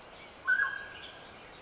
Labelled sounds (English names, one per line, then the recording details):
Mountain Quail
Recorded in Sonoma County, California